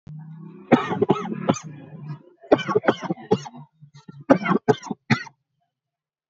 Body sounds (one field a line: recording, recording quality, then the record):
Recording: shallow voluntary cough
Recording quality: excellent, no background noise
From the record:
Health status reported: healthy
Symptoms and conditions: none ticked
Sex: male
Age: 20 years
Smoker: not ticked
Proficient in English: yes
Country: India